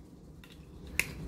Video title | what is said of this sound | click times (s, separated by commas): Studio 86 Leader Class Snarl Review | tuck it in wait for the clip you know it's all good when it makes a little click | 1.0 s